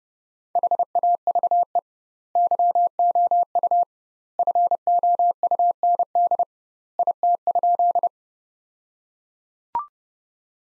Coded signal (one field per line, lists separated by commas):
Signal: Morse code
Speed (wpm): 30 wpm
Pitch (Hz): 700 Hz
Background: none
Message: HAVE YOU FOUND IT?